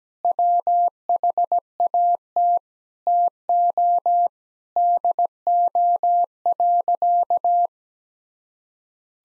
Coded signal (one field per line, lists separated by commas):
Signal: Morse code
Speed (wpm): 17 wpm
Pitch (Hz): 700 Hz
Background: none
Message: WHAT TO DO.